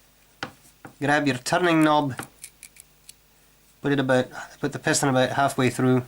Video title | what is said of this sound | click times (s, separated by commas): Disassembly Line Straffen Eis | make sure it clicks in place right there | 0.4 s